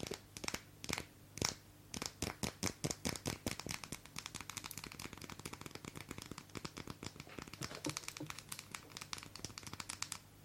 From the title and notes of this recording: ASMR SOAP TAPPING AND SCRATCHING with Long Nails.